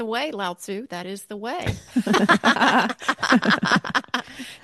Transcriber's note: laughs